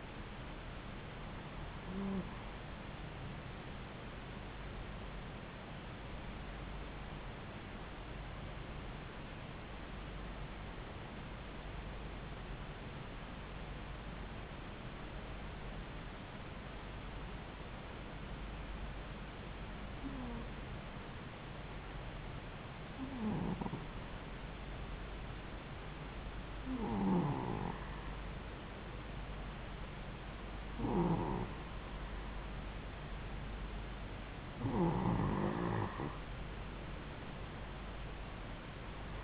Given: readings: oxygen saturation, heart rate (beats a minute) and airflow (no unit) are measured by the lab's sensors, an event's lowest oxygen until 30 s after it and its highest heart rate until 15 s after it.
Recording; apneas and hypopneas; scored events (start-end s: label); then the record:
breathing in sleep by a voice recorder at the bedside; 1
8.00-26.20 s: hypopnea (N2, oxygen 96% highest, then 92% lowest)
From the record:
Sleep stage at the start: N2 (light sleep); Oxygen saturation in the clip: 91 to 96%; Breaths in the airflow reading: 9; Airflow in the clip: -3.3 to 2.6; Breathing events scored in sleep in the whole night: 270 in 6.1 hours asleep